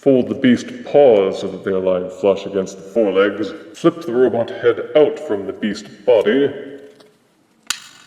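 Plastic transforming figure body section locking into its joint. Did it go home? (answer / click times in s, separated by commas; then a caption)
yes / 7.7 s. Someone talks while a section of a plastic transforming figure is moved during its transformation. After the talking stops, a sharp, loud click is heard at 7.7 seconds as the body section locks into its joint and clicks into place.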